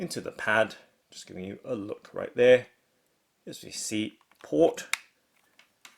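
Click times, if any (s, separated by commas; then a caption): 5.9 s. Someone talks while the USB-C end of a cable is pushed into the port on a Vissles wireless charging pad. A short, sharp click is heard at 5.9 s, followed by a couple of faint ticks, as the plug seats firmly in the port.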